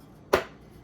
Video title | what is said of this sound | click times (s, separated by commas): Vlogmas Saturday | I don't know if you heard it snap, but it snapped. | 0.3 s